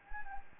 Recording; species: mosquito wingbeat signal from an infrared sensor; Anopheles gambiae